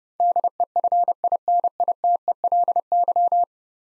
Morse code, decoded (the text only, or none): DEFINITELY